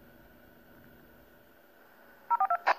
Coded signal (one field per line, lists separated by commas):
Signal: DTMF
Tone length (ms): 80 ms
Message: 042